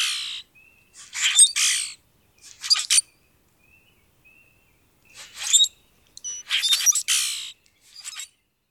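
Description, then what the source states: Grackle song: harsh, wheezy, squeaky bursts with scratchy rasping, repeated at irregular intervals with quiet thin whistles between them. Song given with a spread display at Conn Hill.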